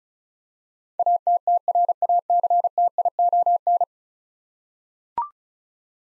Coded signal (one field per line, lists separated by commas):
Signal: Morse code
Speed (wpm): 36 wpm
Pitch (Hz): 700 Hz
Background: none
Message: ATTRACTION